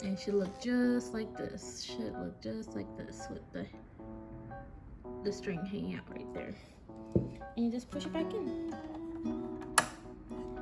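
Someone talks over background music while a sewing machine bobbin case, with its thread hanging out, is pushed back into the machine's metal hook housing. A sharp, loud snap at 9.8 s marks the bobbin case seating in place.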